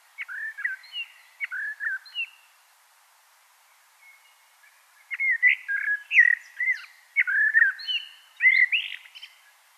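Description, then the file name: Common blackbird repeating short fluted phrases, then a longer run of mellow whistles mixed with higher squeaky notes. "Turdus merula"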